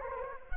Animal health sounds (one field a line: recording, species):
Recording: mosquito wingbeat signal from an infrared sensor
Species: Anopheles arabiensis